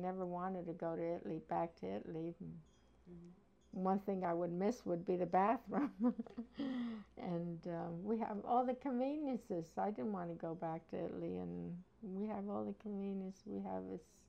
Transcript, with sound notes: I never wanted to go to Italy, back to Italy. The thing I would miss would be the bathroom. ( she laughs ) And, um, we have all the conveniences. I didn't want to go back to Italy. We have all the convenience, we have,